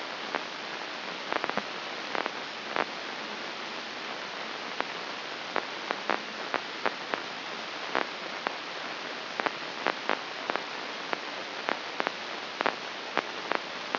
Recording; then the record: brain microelectrode recording played as sound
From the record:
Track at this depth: inside the subthalamic nucleus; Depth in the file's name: 3.824 mm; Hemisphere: left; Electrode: 2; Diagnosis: Parkinson's disease